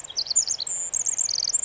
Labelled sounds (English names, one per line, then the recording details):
Pacific Wren
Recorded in Sonoma County, California